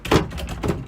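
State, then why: Not seated. A cabinet door above the washer-dryer combo in a 2000 Newmar Dutch Star motorhome is pushed shut, giving a strong thunk near 0.1 s and lighter taps around 0.4 s, 0.5 s and 0.6 s. The door does not latch: the latch is loose and nothing clicks or seats, so it needs a Velcro fix.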